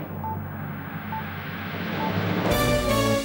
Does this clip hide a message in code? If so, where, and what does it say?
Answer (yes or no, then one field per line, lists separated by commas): no